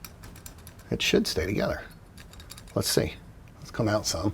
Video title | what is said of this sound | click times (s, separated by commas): Your Sig P365 Sucks compared to mine (Modding your firearm) | right like that make them line up push them together get a little click and then | 0.0 s